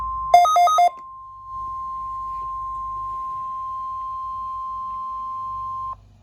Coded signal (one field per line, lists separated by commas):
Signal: Emergency Alert System (SAME) tones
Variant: 1050 Hz attention tone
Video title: Required weekly test 7/7/22 EAS #3